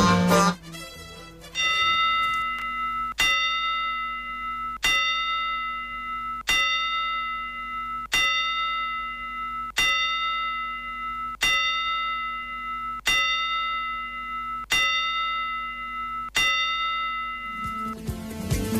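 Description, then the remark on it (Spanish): Ten evenly spaced rings of a boxing bell, tolled for the death of boxing figure Rolando Jerez, each bright metallic clang struck about every second and a half and left to ring out before the next, with no voices. “le voy a pedir 10 campanadas para la pérdida de un hombre de boxeo”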